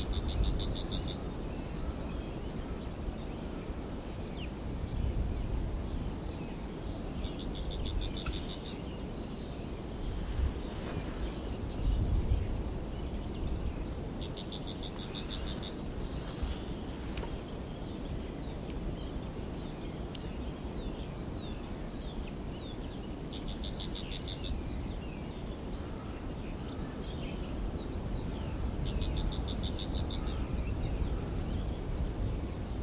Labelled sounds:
Yellowhammer (Emberiza citrinella) song

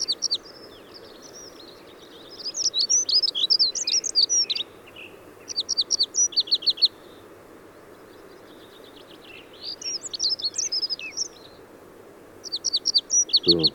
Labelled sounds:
Dunnock (Prunella modularis) song

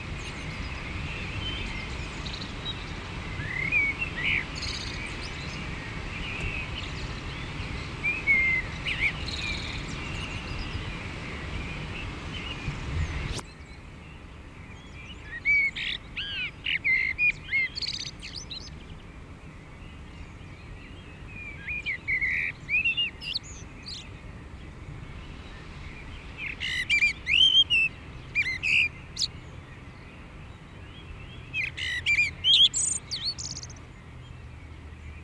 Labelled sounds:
Common Blackbird (Turdus merula) song

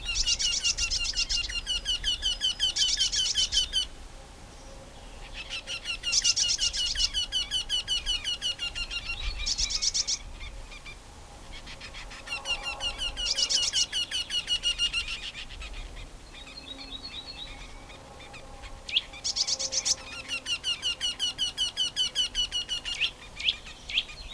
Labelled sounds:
Eurasian Wryneck (Jynx torquilla) song

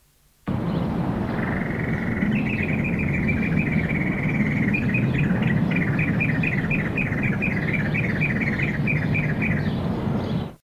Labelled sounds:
White-headed Woodhoopoe (Phoeniculus bollei) call

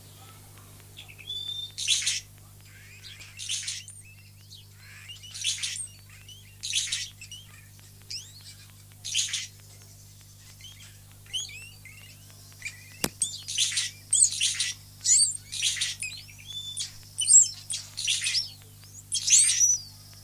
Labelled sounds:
Long-tailed Fiscal (Lanius cabanisi) call

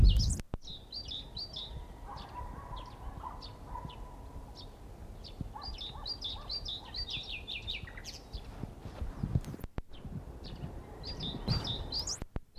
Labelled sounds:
Common Nightingale (Luscinia megarhynchos) song

